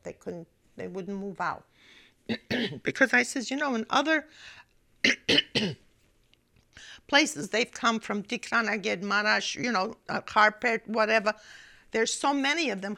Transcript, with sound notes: They couldn't, they wouldn't move out. (she clears his throat) Because I says, you know, in other (she clears her throat) places, they'd come from Dikconaget, Maras, you know, Karrpet, whatever, there are so many of them.